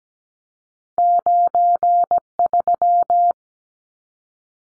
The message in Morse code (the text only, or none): 93